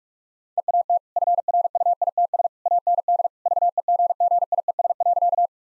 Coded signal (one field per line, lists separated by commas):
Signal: Morse code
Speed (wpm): 43 wpm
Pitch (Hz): 700 Hz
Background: none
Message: EAT FRUITS AND VEGGIES.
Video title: Easy Sentences with Hints - 45wpm